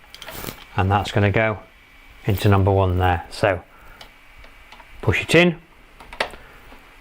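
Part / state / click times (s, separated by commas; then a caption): numbered connector into matching port at back of 3D printer / seated / 6.2 s. While setting up a Snapmaker U1 3D printer, a numbered part 1 connector is pushed into the matching port 1 at the back of the printer as someone talks. A sharp click at 6.2 s shows the connector has seated, and it is then tugged to make sure there is no free play.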